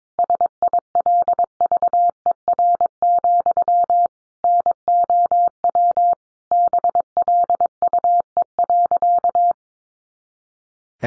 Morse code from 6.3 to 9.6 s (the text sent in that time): BLUE.